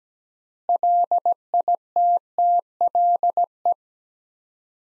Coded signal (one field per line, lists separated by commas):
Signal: Morse code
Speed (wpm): 17 wpm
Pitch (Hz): 700 Hz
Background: none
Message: LITTLE